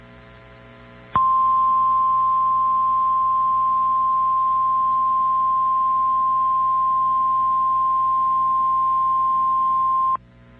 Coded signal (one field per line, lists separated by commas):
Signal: Emergency Alert System (SAME) tones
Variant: 1050 Hz attention tone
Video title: Severe Thunderstorm Warning (Benson, Cavalier, Ramsey, Towner Counties, ND) (8/8/25) [EAS #250]